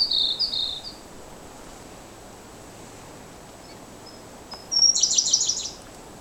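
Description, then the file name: Siberian blue robin song, a high trilled phrase at the start, soft thin whistles, then a rapid tinkling burst of high notes. "L cyana-song"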